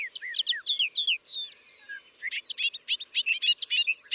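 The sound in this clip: Bobolink song, opening with clear slurred whistles, then breaking into a rapid tinkling jumble of notes.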